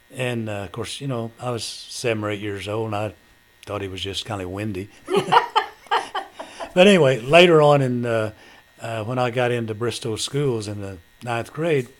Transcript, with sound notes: And of course, you know I was seven or eight years old and I thought he was just kinda windy. (Laughter) But anyway, later on in-- when I got into Bristow schools, in the ninth grade